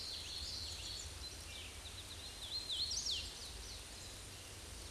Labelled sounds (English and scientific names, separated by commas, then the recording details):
Hooded Warbler (Setophaga citrina) song
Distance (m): 45 m
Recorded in a Pennsylvania forest on 18 May 2023 at 06:08
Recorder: AudioMoth, point grid1_34_low
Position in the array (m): 166 m, 113 m